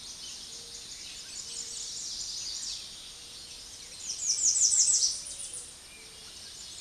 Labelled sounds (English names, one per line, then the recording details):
American Redstart song
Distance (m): 5 m
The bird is about level with the microphone
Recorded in a Pennsylvania forest on 16 May 2024 at 06:07
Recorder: AudioMoth, point MSD-2027
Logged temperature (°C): 15.6 °C
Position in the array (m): 105 m, 230 m